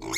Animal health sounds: pig call; weaner (32 to 43 days)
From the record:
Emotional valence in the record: negative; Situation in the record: short isolation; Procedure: open field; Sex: female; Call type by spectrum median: high-frequency call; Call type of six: mixed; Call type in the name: high-frequency modulated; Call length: 0.18 s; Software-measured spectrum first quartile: 1109 Hz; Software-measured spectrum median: 2934 Hz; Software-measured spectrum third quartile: 6137 Hz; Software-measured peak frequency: 2158 Hz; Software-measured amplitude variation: 103 dB a second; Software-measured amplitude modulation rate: 19.7 a second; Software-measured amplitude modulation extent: 5.2 dB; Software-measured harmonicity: 2.9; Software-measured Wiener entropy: -3.24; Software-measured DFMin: 1098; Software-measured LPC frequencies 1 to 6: 1071, 2158, 3587, 4390, 5321, 6591 Hz

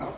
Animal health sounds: pig call; growing-finishing pig (85 days or more)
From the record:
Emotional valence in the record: positive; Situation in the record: run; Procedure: transit

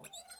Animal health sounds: pig call; piglet (1 to 25 days)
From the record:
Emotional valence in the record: negative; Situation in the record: short isolation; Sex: female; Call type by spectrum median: high-frequency call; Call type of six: high-frequency stable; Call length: 0.40 s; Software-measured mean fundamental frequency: 221 Hz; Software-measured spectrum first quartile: 2312 Hz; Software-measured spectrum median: 4868 Hz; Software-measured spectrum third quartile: 8516 Hz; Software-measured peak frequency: 3570 Hz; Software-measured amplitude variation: 221 dB a second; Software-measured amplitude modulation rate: 12.5 a second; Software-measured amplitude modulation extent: 17.7 dB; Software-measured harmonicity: 6.7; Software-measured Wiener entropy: -3.02

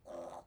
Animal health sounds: pig call; piglet (1 to 25 days)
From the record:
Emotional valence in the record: negative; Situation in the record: restrain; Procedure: back test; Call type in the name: low-frequency call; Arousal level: low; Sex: female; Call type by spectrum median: low-frequency call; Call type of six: low-frequency stable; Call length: 0.47 s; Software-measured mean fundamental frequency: 90 Hz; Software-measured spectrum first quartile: 527 Hz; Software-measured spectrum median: 651 Hz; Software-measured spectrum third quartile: 981 Hz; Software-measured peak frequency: 590 Hz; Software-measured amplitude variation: 182 dB a second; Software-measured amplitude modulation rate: 16.9 a second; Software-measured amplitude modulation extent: 10.8 dB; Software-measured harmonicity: 3.9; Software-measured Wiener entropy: -0.48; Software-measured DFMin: 1848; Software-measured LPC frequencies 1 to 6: 610, 990, 3600, 4229, 5755, 6305 Hz

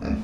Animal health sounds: pig call; growing-finishing pig (85 days or more)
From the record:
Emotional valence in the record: negative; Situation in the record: barren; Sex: female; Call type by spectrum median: low-frequency call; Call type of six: low-frequency stable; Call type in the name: low-frequency stable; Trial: 3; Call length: 0.24 s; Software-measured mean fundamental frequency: 44 Hz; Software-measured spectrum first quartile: 146 Hz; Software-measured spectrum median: 241 Hz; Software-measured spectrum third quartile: 484 Hz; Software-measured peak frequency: 220 Hz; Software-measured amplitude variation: 169 dB a second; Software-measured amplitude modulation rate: 27.2 a second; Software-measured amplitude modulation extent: 6.2 dB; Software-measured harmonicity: 1.5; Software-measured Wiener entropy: -0.74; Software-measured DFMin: 754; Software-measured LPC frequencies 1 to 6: 1550, 2507, 3668, 4939, 5556, 8448 Hz

